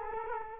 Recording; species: mosquito wingbeat signal from an infrared sensor; Culex quinquefasciatus